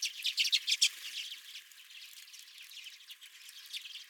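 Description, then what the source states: Redpolls calling, with a loud burst of fast, dry chatter in the first second, then softer scattered twitters continuing. Several redpolls at the recordist's feeder.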